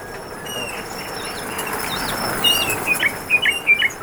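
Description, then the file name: Common nightingale: bird song of varied whistled and chirping notes, building into a series of sharp, rapidly repeated notes toward the end, over a steady background hiss. "Luscinia megarhynchos"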